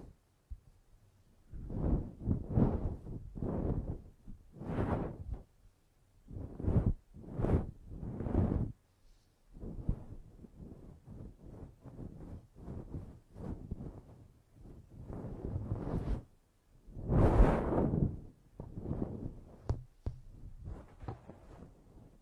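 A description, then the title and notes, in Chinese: Ear-cleaning sounds move around the head in a series of soft, scraping swishes and rustles, each lasting about a second with brief pauses between. The strokes are dense and textured, and a louder, brighter rub comes near seventeen seconds over a quiet background. 8D掏耳朵！360° 环绕触发。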